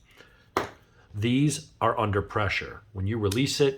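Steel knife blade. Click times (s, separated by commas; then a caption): 0.6 s. The blade of a Boker Burnley Kihon side-opening automatic knife, knocked off track by a sheet of paper, is pulled back by hand to reset it into its locked closed position in the handle. A sharp click sounds at 0.6 s as it locks back in place, sitting there without spring tension. Someone talks throughout.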